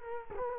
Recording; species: mosquito wingbeat signal from an infrared sensor; Culex quinquefasciatus